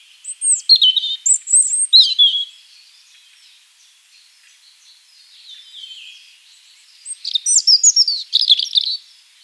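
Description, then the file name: European robin song, a rapid jumble of high, sparkling notes and thin whistles, then a quiet gap before a second tumbling phrase. "Erithacus rubecula"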